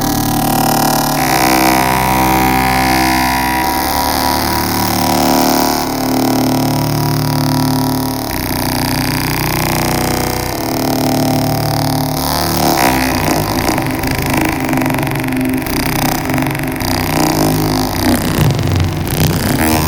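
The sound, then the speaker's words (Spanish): Dense, continuous noise from a Benjolin analog synthesizer being played, with shifting harmonic bands and buzzing, engine-like drones that change abruptly in texture, growing more chaotic and glitchy toward the end. Loud throughout, no voices. “¿Quieres que lo escuchemos? Y así vemos a ver qué es lo que puede hacer el Benjolín.”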